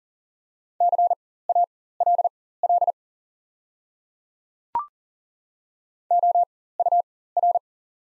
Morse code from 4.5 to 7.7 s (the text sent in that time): OUR